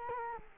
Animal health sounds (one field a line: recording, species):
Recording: mosquito wingbeat signal from an infrared sensor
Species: Culex quinquefasciatus